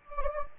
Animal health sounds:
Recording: mosquito wingbeat signal from an infrared sensor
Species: Anopheles gambiae

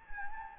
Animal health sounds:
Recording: mosquito wingbeat signal from an infrared sensor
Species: Anopheles gambiae

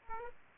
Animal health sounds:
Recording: mosquito wingbeat signal from an infrared sensor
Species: Aedes aegypti

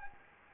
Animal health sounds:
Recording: mosquito wingbeat signal from an infrared sensor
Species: Anopheles gambiae

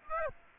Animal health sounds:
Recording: mosquito wingbeat signal from an infrared sensor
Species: Aedes aegypti

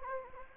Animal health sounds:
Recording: mosquito wingbeat signal from an infrared sensor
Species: Anopheles gambiae

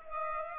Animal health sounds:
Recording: mosquito wingbeat signal from an infrared sensor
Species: Culex pipiens

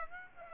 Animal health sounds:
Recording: mosquito wingbeat signal from an infrared sensor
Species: Aedes aegypti

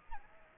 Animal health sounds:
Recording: mosquito wingbeat signal from an infrared sensor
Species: Aedes aegypti

